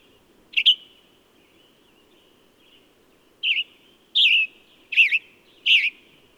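Bird chirps: a single wavering, mid-high chirp, a pause of nearly three seconds, then four more in quick, uneven succession, over a faint steady tone and low hum.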